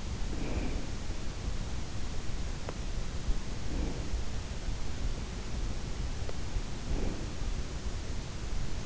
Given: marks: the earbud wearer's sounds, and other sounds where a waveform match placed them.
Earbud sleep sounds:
sounds in sleep by an in-ear microphone; breath
0.00-1.48 s: breath
3.42-4.84 s: breath
6.46-7.82 s: breath

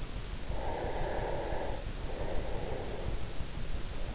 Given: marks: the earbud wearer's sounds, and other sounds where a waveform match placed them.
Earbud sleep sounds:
sounds in sleep by an in-ear microphone; breath
0.46-3.39 s: breath

